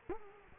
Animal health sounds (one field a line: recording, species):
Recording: mosquito wingbeat signal from an infrared sensor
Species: Culex quinquefasciatus